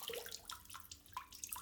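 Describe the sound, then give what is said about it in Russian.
Water trickles and seeps with a steady wet hiss, broken by small bright gurgles and plops at irregular moments. No voices. “Вода просачивается.”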